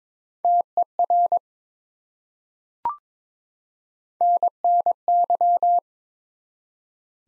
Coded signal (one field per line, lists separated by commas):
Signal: Morse code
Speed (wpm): 22 wpm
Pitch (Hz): 700 Hz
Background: none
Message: TER NNY